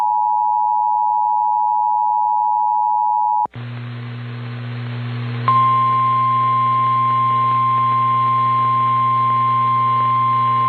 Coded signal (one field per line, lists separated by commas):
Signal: Emergency Alert System (SAME) tones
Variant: 853 and 960 Hz attention tone